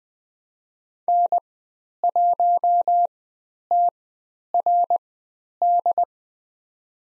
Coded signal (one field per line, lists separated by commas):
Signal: Morse code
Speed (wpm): 20 wpm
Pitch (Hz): 700 Hz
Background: none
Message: N1TRD